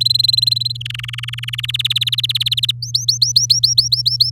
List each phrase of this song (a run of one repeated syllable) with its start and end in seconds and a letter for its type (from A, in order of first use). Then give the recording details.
0.00-0.72 A, 0.75-1.60 B, 1.63-2.71 C, 2.82-4.30 D. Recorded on 7 May 2018 at 14:23. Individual llb16